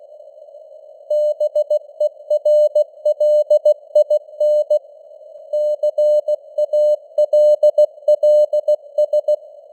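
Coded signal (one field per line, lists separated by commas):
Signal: Morse code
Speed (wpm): 16 wpm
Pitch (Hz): 600 Hz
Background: none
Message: BERLIN CALLS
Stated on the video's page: Simulated Morse news headlines at 16 wpm with simulated radio noise and varying signal strength (QSB).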